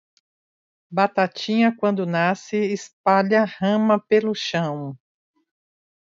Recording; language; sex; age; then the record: short text; Brazilian Portuguese; female; 50 to 59 years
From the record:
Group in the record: control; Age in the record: 57 years